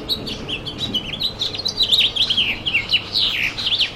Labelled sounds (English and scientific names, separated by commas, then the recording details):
House Finch (Haemorhous mexicanus) song
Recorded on Long Island, New York, on 23 June 2011
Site IT
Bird A